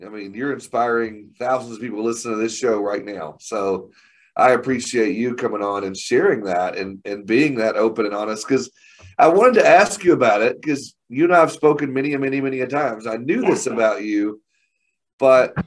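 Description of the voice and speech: One adult man speaks fluently in a relaxed conversational tone, with natural pitch movement and a few brief pauses. The voice is clear and steady, with no hoarseness, slurring or stuttering. This is ordinary, normal speech.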